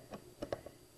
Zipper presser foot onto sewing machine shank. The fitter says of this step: when you have it lined up it should click in and snap